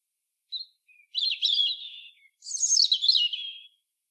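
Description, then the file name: European robin song: a short high note and a thin whistle, then two sweet tumbling warbled phrases, the second starting higher and sliding down. "Erithacus rubecula"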